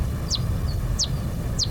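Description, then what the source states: Daubenton's bat echolocation through a bat detector, three quick sweeping calls over a continuous low rumble. Heard live on a bat detector as the bat passed very close to it; said to sound like a moped on the heterodyne detector.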